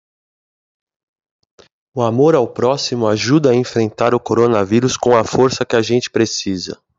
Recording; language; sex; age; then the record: spoken sentence; Brazilian Portuguese; male; 40 to 49 years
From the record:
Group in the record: control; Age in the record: 44 years